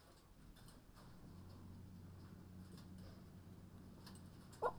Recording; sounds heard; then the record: poultry house recording; healthy chickens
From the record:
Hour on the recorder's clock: 23